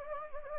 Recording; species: mosquito wingbeat signal from an infrared sensor; Anopheles gambiae